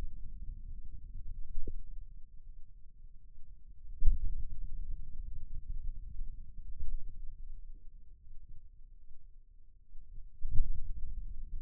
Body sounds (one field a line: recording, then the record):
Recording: forearm muscle sounds (acoustic myography)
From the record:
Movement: pen grasping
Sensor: system 2, bracelet of six BSWA MPA416 microphones around the upper forearm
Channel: 2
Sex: male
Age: 22 years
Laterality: right